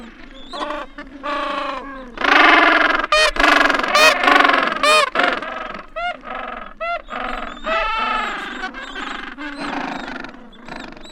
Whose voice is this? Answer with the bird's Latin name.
Pygoscelis papua